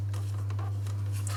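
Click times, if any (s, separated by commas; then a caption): 1.3 s. A replacement internal part from a donor laptop is pressed into its slot or bay in the chassis of a Dell Vostro 1000 laptop, before its screws go in. Soft rustling and handling sounds play over a steady low hum. A sharp, short click at 1.3 seconds marks the part going in easily and seating into place.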